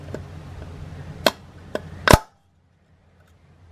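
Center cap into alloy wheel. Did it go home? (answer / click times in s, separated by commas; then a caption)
yes / 1.3 s. A new plastic center cap is set into the center bore of a Dodge Challenger/Charger black alloy wheel and worked down by hand. A sharp snap is heard at 1.3 s, followed by more clicks at 1.8 s and 2.1 s before it goes quiet. The cap is seated tight and secure in the wheel.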